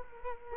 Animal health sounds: mosquito wingbeat signal from an infrared sensor; Culex quinquefasciatus

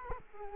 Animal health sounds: mosquito wingbeat signal from an infrared sensor; Culex quinquefasciatus

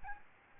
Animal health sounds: mosquito wingbeat signal from an infrared sensor; Aedes albopictus

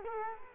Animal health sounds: mosquito wingbeat signal from an infrared sensor; Culex quinquefasciatus

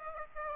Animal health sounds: mosquito wingbeat signal from an infrared sensor; Aedes aegypti

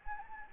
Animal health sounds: mosquito wingbeat signal from an infrared sensor; Anopheles gambiae

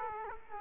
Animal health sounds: mosquito wingbeat signal from an infrared sensor; Culex quinquefasciatus

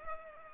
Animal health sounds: mosquito wingbeat signal from an infrared sensor; Culex pipiens

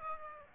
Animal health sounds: mosquito wingbeat signal from an infrared sensor; Aedes aegypti

